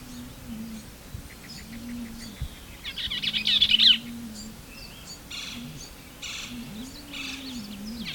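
Bell's vireo singing one rapid, husky chattering phrase lasting about a second, surrounded by softer scattered chips, over a steady low wavering hum.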